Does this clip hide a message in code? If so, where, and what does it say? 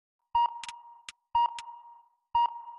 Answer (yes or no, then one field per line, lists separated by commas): no